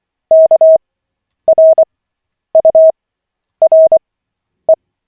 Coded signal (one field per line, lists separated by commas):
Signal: Morse code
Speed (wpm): 24 wpm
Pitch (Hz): 640 Hz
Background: none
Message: KRURE